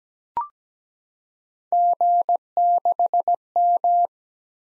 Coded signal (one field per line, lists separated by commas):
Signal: Morse code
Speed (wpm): 17 wpm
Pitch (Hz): 700 Hz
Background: none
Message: G6M